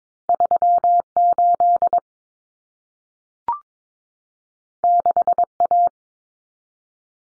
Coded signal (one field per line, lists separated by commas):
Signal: Morse code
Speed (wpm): 22 wpm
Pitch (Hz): 700 Hz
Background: none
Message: 38 6A